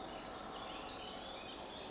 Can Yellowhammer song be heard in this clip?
no